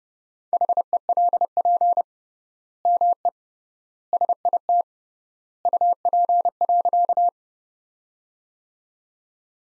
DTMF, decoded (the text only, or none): none